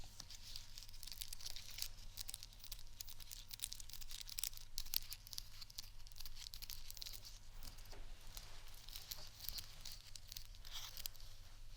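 Scratching on textured items runs continuously, a dense, bright rasping with frequent short scrapes and taps scattered throughout. Beneath it a steady low hum or beat holds constant. Sharper accents stand out around two, five and eight seconds.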